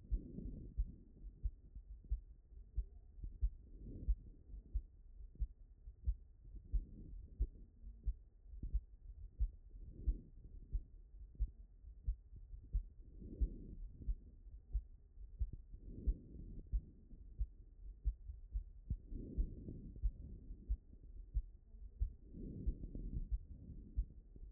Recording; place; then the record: heart sounds by stethoscope; aortic valve (AV)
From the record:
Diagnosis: HFrEF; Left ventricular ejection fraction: 17%